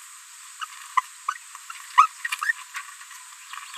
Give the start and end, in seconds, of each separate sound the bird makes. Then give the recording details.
0.61-0.64, 0.97-1.01, 1.96-2.07, 2.40-2.52, 2.74-2.81. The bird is a female. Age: 26 days. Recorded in a nest box in Venezuela. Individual 17B73B3